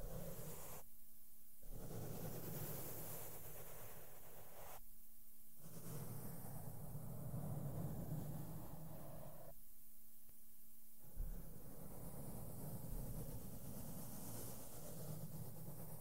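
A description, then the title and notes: Soft brushing and rubbing against a microphone fills the clip with a close, dense, muffled rustle, heavy in the low end. Three brief breaks of near-silence with a low hum come around one, five and ten seconds, then the brushing resumes. ASMR SOFT SOUNDS WITH MAKEUP BRUSHES ON MIC AND MICROPHONE TOUCHING. NO TALKING.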